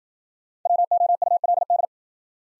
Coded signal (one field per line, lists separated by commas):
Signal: Morse code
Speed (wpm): 53 wpm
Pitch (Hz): 700 Hz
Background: none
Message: WOULD